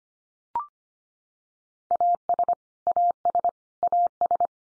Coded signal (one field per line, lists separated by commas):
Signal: Morse code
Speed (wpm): 25 wpm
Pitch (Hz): 700 Hz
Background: none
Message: AS AS AS